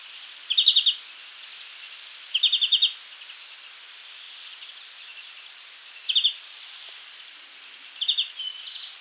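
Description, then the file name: European greenfinch calls: short bright rattling trills in four bursts, with quiet hiss between them. "Chloris chloris"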